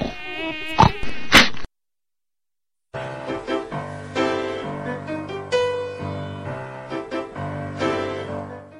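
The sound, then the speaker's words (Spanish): A mosquito's thin, wavering whine rises and dips for a moment, breaks off into a brief silence, then a dense, steady buzzing drone resumes for several seconds with no talking. “Mosquito y la reputa madre. Es ese fastidioso mosquito que interrumpe los mejores placeres de la vida.”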